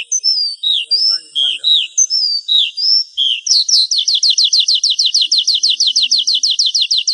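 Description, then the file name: Horsfield's bush lark singing: a few separate slurred whistles, then a rapid, steady run of near-identical high chirps repeated several times a second. "suara burung branjangan"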